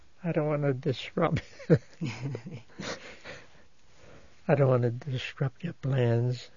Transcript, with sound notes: I don't want to disrupt. ( he laughs ) I don't want to disrupt your plans.